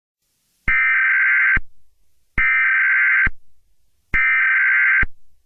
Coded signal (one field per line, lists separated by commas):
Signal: Emergency Alert System (SAME) tones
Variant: header bursts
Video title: EAS Scenario #1: The Jersey Devil